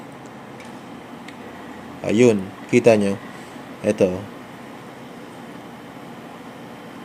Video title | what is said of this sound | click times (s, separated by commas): ESS Crossbow Ballistic Goggles (Replica) / Eye Protection - Review & Testing - Airsoft Philippines | Ito siya yung lock. Nag-lock na siya. | 1.3 s